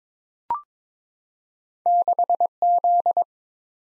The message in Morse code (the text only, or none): 6Z